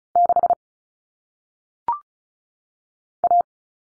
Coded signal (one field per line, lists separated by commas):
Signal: Morse code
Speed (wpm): 36 wpm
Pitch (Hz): 700 Hz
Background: none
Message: 6 A